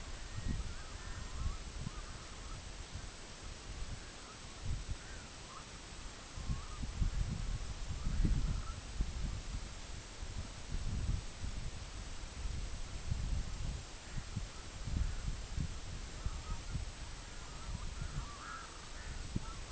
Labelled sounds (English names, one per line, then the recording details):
unidentified sound
Red-throated Loon
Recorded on Arctic tundra, site EABA-MC, on 24 June 2019
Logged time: 12:00